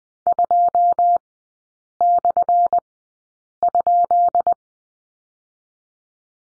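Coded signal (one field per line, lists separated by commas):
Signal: Morse code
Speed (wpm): 20 wpm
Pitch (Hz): 700 Hz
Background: none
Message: 2/?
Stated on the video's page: Morse code course lesson on the letter B in three-character groups, Farnsworth speed 20/10 wpm.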